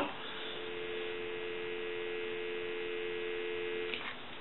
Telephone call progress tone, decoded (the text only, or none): dial tone